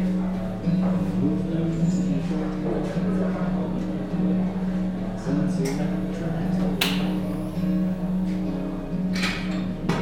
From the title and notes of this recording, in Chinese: 坐在咖啡馆有点开心｜城市声音。北京地坛旁边 没有特地录说话声。